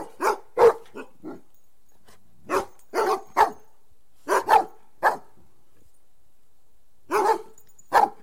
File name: Doberman Dog